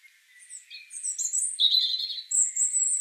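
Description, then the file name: European robin song, a fluid tumbling phrase mixing very high thin notes with lower warbles, rising in strength and ending in bright, sustained high notes. "Erithacus rubecula"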